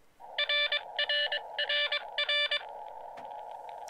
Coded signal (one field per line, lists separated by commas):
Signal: Morse code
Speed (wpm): 23 wpm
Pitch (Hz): 2350 Hz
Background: none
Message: RE NR